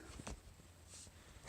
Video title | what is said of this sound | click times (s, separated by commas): Mt01 dry sump oil change and Flo Reusable Filter | sort of clicks into place once it's in that spot | 0.3 s